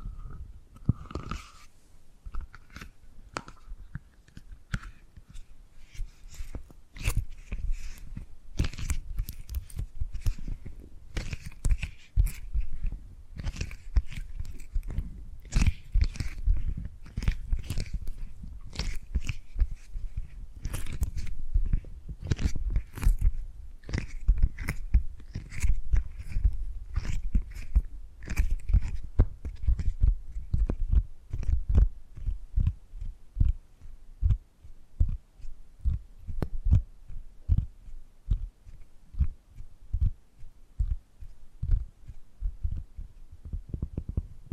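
Tapping and gripping sounds fill the clip, a dense, fairly steady run of quick dry taps and crackly scrapes with a strong low thump beneath many of them. The pace holds throughout, thinning slightly after about 35 seconds, with brief bright squeaks early on.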